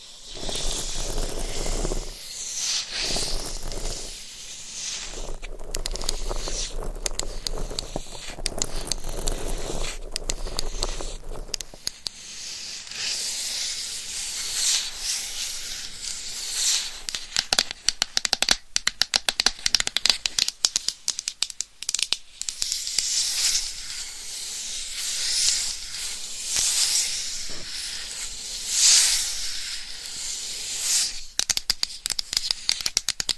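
Scratching and tapping sounds rub and click along in a dense, uneven stream, bright and hissy on top. For the first twelve seconds a low hum sits underneath. After that the texture turns choppier, with quick bursts and brief gaps that keep varying in loudness.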